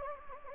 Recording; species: mosquito wingbeat signal from an infrared sensor; Anopheles gambiae